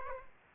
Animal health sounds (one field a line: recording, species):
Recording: mosquito wingbeat signal from an infrared sensor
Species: Aedes aegypti